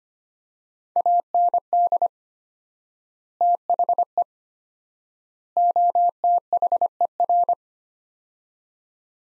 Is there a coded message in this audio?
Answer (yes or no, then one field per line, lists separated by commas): yes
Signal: Morse code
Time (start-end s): 1.0-7.5 s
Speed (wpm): 25 wpm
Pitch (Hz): 700 Hz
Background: none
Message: AND THE OTHER